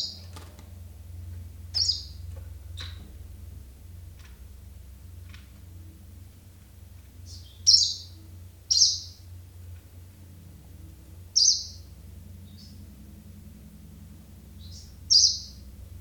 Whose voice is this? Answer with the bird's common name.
Greenish Warbler